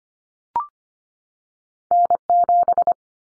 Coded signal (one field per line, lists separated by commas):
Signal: Morse code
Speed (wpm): 25 wpm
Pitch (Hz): 700 Hz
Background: none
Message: N7